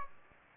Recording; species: mosquito wingbeat signal from an infrared sensor; Aedes aegypti